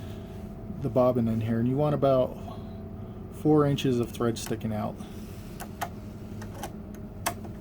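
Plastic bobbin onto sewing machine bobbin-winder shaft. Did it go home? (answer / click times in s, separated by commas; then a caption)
yes / 7.3 s. A plastic bobbin with about four inches of thread sticking out is pushed onto the bobbin-winder shaft of a portable sewing machine until its spring arm latches. Someone talks, then a few small taps follow and a sharp click lands at 7.3 s as the bobbin seats on the shaft.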